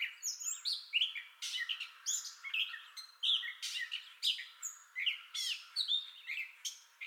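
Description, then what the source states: Gray catbird singing a continuous string of varied squeaks, chips and slurred whistles, phrases following each other quickly. Entire song bout recorded 2021-05-30.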